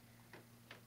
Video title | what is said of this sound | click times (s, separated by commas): Air Purifier Review - Consumers Report Best [Air Purifier] | we're fine there it snaps in place looks | 0.3 s, 0.7 s